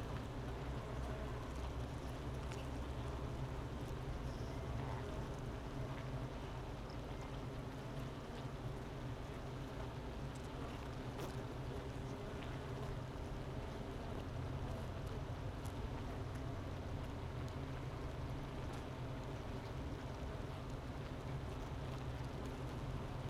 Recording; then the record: honeybee colony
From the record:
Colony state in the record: missing queen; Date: 31 May 2018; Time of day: 10:59